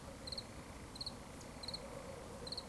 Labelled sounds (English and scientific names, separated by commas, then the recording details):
Eurasian Woodcock (Scolopax rusticola) whistle
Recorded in Baden-Württemberg, Germany, on 11 June 2020 at 20:34 UTC
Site 24578, 122 m above sea level